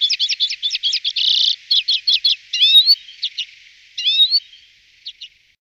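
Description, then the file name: Common redpoll calls: rapid dry chattering notes, a brief buzzy trill, then two rising whistled 'tsooee' notes, ending with a few sparse chips. "Golosa ptic - CHechyotka Acanthis flammea"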